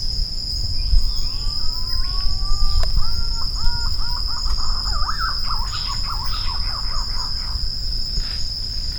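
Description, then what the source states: Pink-necked green pigeon giving a series of wavering, warbling whistled notes that rise and fall, over a steady high insect drone and low background rumble. Recorded on Maratua.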